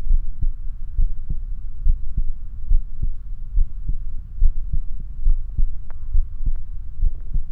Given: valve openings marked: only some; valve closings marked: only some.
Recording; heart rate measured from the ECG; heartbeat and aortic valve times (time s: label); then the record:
heart sounds by stethoscope; 69 bpm
0.12 s: heartbeat (ECG mark)
0.19 s: aortic valve opens (echo mark)
0.42 s: aortic valve closes (echo mark)
1.00 s: heartbeat (ECG mark)
1.08 s: aortic valve opens (echo mark)
1.31 s: aortic valve closes (echo mark)
1.88 s: heartbeat (ECG mark)
1.95 s: aortic valve opens (echo mark)
2.17 s: aortic valve closes (echo mark)
2.73 s: heartbeat (ECG mark)
2.80 s: aortic valve opens (echo mark)
3.04 s: aortic valve closes (echo mark)
3.59 s: heartbeat (ECG mark)
3.66 s: aortic valve opens (echo mark)
3.90 s: aortic valve closes (echo mark)
4.43 s: heartbeat (ECG mark)
4.50 s: aortic valve opens (echo mark)
4.74 s: aortic valve closes (echo mark)
5.28 s: heartbeat (ECG mark)
5.35 s: aortic valve opens (echo mark)
5.59 s: aortic valve closes (echo mark)
6.16 s: heartbeat (ECG mark)
6.23 s: aortic valve opens (echo mark)
6.47 s: aortic valve closes (echo mark)
7.04 s: heartbeat (ECG mark)
From the record:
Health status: healthy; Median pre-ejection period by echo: 71 ms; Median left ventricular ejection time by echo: 238 ms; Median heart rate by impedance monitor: 69 bpm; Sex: male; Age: 24 years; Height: 167 cm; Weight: 61 kg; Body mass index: 21.87